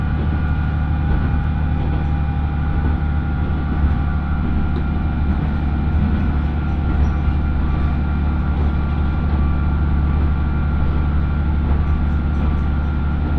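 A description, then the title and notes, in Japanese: Riding the first Oito Line train out of Itoigawa toward Minami-Otari: a steady, heavy engine drone fills the low end without a break. Faint tonal whines hover above it, and small rattles and clicks scatter through the whole stretch at an even level. 耳で楽しむ鉄道旅 大糸線 糸魚川→平岩。糸魚川を出る大糸線の始発列車で南小谷へと向かいます。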